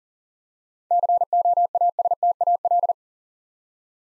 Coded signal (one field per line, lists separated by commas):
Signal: Morse code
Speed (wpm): 39 wpm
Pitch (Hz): 700 Hz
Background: none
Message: COASTAL